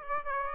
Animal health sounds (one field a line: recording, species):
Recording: mosquito wingbeat signal from an infrared sensor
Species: Aedes aegypti